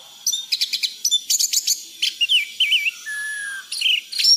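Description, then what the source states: Thrush song: bursts of sharp high chips and quick notes, then wavering mid-pitched whistles and a long flat whistle, with a faint steady high tone behind. Song of an anis (thrush) in 'gacor teler' form, compiled as a masteran tutor recording for training birds.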